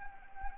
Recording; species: mosquito wingbeat signal from an infrared sensor; Anopheles arabiensis